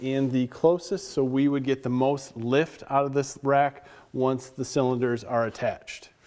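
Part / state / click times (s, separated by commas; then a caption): gas lift cylinder ball socket onto a UTV spare tire rack ball stud / not seated / none. A gas lift cylinder's ball socket is being handled to be pushed onto a ball stud on an Assault Industries Adventure Rack spare tire carrier for a Polaris RZR Turbo S and XP1000 UTV, set in the highest and closest mounting position to get the most lift. Someone talks throughout, and no distinct impact sounds stand out. Nothing has snapped or seated yet by the end of the clip.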